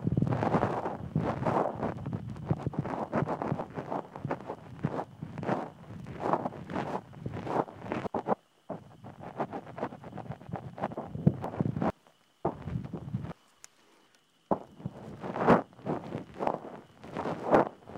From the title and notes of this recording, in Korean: 풀벌레 소리가 들리는 귀청소 샵 롤플레이 ASMR.